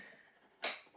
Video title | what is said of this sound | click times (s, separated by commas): How To Assemble Ikea High Chair-Full Tutorial | and it clicks into place so i'm going to show you that again really really cool little trick so | 0.6 s